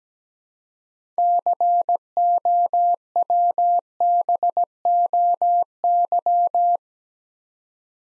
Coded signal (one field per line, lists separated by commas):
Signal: Morse code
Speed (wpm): 17 wpm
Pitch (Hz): 700 Hz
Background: none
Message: COWBOY